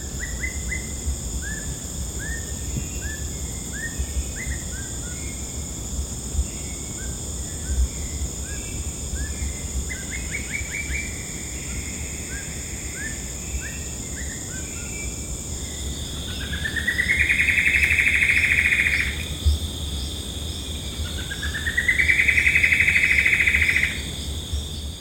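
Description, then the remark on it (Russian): An Amazonian spinetail, a small bird that is practically impossible to see, sings a run of short, chirpy notes, then two loud, rapid, buzzy trills a few seconds apart, all over a steady high insect drone. It was recorded in South America with a directional microphone. “И я только что отошла от группы, чтобы было поменьше лишнего шума, и записала амазонского колючника. Это такая маленькая птица, которую практически невозможно увидеть.”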